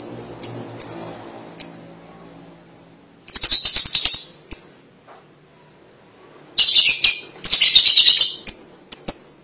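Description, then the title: Lovebird calling: a few sharp high chirps, then repeated bursts of rapid grating chatter separated by pauses and single chirps. "BM Suara Burung Lovebird"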